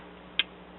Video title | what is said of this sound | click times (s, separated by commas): MCLB Review: 7868 Mace Windu's Jedi Starfighter | him and then you put uh his hands down and he kind of locks into place | 0.4 s